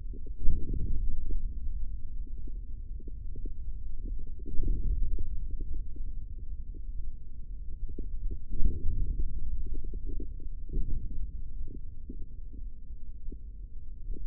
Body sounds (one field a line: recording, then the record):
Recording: forearm muscle sounds (acoustic myography)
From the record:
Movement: hand closing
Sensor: system 3, bracelet of six PUI Audio POM-2738L microphones around the upper forearm, with dedicated amplification and filtering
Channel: 6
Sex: male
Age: 43 years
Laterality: right